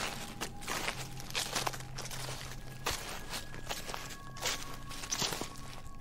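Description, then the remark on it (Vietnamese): Slow footsteps crunching through dry leaves, each step a crisp, rustling crackle spaced unevenly over a few seconds, with a faint steady hum underneath and no voices. “Dường như người kia bước đi rất chậm, mỗi một bước đi chân dẫm lên lá khô cứ sột soạt, rất chậm rãi, nhưng cũng không thể bị họ bỏ rơi, vẫn cứ bám sát đằng sau lưng của mình.”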